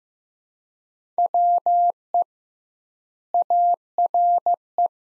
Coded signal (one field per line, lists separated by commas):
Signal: Morse code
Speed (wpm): 15 wpm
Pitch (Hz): 700 Hz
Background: none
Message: WE ARE